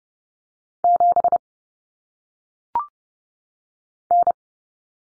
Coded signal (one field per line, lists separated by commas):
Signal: Morse code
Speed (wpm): 30 wpm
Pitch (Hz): 700 Hz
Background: none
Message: 7 N